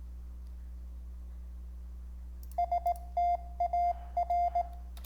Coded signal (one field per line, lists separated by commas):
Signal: Morse code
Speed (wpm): 18 wpm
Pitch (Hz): 700 Hz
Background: none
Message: STAR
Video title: Build a Morse Code CW Practice Station on Raspberry Pi | Amateur Radio